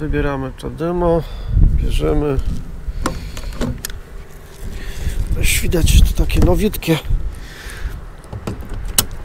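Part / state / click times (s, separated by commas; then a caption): charging cable plug into electric car charging inlet / seated / 9.0 s. A charging station's plug is pushed into the charging inlet of a Nissan Leaf 24 kWh electric car while someone talks, with scattered handling clicks and knocks along the way. The plug latches with a loud, sharp click at 9.0 s and is seated.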